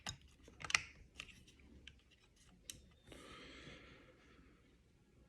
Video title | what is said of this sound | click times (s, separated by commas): ALTAYA OPTIMUS PRIME montage 6,7et 8 | va se clipser ça va | 0.8 s